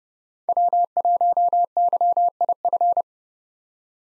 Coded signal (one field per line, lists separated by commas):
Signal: Morse code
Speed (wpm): 30 wpm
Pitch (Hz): 700 Hz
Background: none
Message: W1YIF